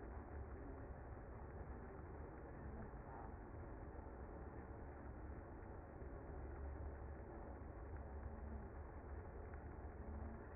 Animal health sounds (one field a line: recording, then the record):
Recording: honeybee colony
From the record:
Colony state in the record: active